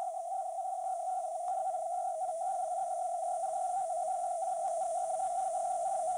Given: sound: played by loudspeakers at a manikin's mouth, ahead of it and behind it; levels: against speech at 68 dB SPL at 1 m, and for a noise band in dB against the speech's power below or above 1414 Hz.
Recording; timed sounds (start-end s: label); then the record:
test signals for a remote microphone
0.00-1.48 s: noise band at 707 Hz, -5 dB
1.48-6.18 s: noise band at 707 Hz, 0 dB
From the record:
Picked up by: remote microphone C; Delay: 23 ms